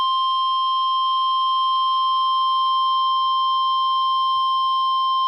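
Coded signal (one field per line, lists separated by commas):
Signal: Emergency Alert System (SAME) tones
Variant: 1050 Hz attention tone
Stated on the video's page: Real Severe Thunderstorm Warning from a NOAA weather radio transmitter on 162.500 MHz, received about 82 miles away on a RadioShack 12-254 weather radio.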